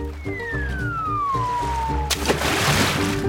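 A falling whistle glides downward for about two seconds, then ends in a loud, hissing splash of water that churns and sloshes to the end, with steady music playing underneath.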